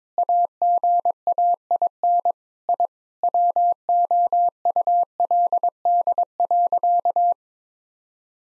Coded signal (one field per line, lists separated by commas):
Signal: Morse code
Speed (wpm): 22 wpm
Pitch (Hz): 700 Hz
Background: none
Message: AGAIN I WOULD.